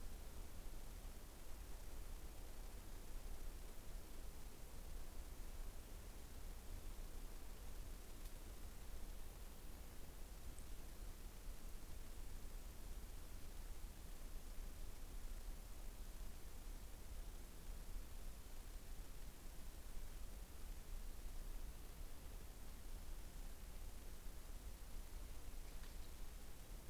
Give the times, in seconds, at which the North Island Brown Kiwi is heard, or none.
none